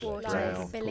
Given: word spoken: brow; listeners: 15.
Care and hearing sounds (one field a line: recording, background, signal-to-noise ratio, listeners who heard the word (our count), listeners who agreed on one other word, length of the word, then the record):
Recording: one English word in noise, from a listening test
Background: four-talker babble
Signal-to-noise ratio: -1.5 dB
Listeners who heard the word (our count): 2 of 15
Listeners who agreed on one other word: 11 of 15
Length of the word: 0.51 s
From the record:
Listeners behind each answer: 11, 2, 1, 1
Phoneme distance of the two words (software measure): 7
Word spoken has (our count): 1 syllable, 3 phonemes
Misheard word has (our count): 1 syllable, 4 phonemes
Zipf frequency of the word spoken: 3.28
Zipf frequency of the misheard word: 5.01